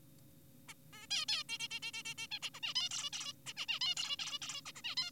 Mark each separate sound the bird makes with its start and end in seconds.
0.68-0.74, 0.93-1.07, 1.11-1.26, 1.28-1.44, 1.49-1.58, 1.60-1.68, 1.71-1.80, 1.83-1.92, 1.94-2.03, 2.06-2.14, 2.18-2.27, 2.31-2.39, 2.42-2.50, 2.54-2.60, 2.63-2.74, 2.76-2.89, 2.91-3.10, 3.13-3.33, 3.47-3.53, 3.57-3.66, 3.69-3.80, 3.81-3.95, 3.97-4.17, 4.19-4.39, 4.42-4.62, 4.66-4.72, 4.76-4.82, 4.84-4.96, 4.97-5.11